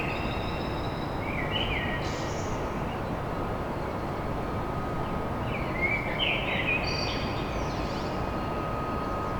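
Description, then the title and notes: Common blackbird singing two fluted phrases topped by high squeaky notes, separated by a pause, over a persistent heavy background roar. Song of a blackbird recorded at dawn in Paris. "Blackbird At Paris. chant de merle à l'aube dans Paris"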